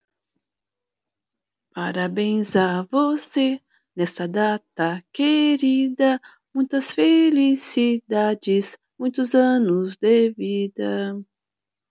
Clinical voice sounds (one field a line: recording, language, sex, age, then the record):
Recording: short text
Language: Brazilian Portuguese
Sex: female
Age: 50 to 59 years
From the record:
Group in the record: control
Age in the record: 56 years